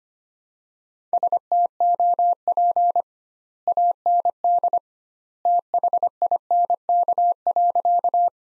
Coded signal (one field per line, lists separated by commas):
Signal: Morse code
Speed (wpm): 25 wpm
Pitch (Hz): 700 Hz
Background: none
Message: STOP AND THINK.